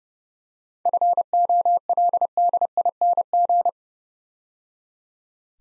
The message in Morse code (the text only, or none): FOLDING